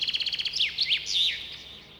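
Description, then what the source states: Common chaffinch song: a quick run of repeated high chips, then a few swooping notes ending in a descending flourish. Unusual, loud song; chaffinch lives in groves, parks and coniferous and deciduous forests, avoiding swamps and damp places; builds a cup-shaped nest of twigs and grass.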